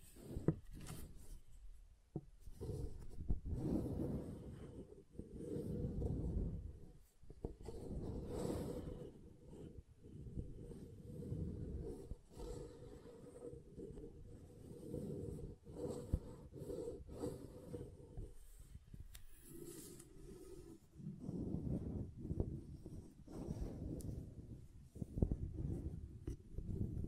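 Soap being tapped and carved, heard as dense, low scraping and rubbing that fills nearly the whole stretch. Short sharp taps and clicks break in irregularly, with brief quieter gaps near two, seven and eighteen seconds before the scraping resumes.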